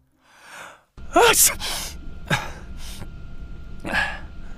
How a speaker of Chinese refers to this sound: 被张冲念到了的冬至打了个喷嚏，身体下意识的在毯子里微微蜷缩。